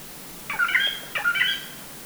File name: Grey Treepie Ssp Sinica Call 120131 Guangxi Da Yao Shan